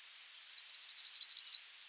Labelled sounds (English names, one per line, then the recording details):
Yellowhammer song
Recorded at under 5 m from the bird
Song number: 036